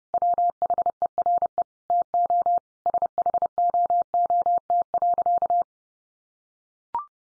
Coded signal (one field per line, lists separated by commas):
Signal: Morse code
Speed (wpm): 30 wpm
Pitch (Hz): 700 Hz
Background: none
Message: WHERE TO SHOOT.